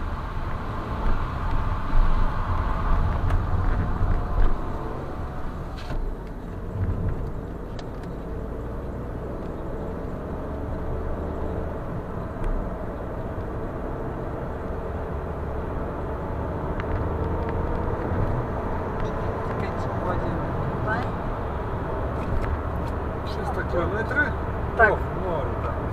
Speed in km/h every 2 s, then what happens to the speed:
0, 23, 34, 41, 49, 61, 68, 76, 85, 93, 101, 103, 106.
0-26 pulls away to 106.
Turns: none.